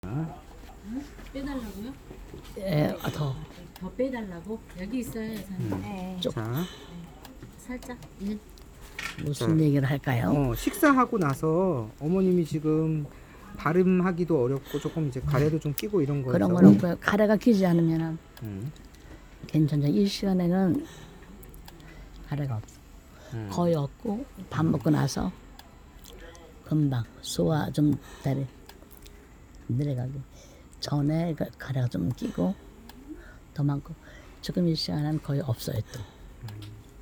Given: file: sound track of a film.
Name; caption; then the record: PDT grade 4; the supplementary videos demonstrate voice preservation in patients after tracheostomy.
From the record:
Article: Preservation of Vocal Function in Amyotrophic Lateral Sclerosis (ALS) Patients Following Percutaneous Dilatational Tracheostomy (PDT) and Adjuvant Therapies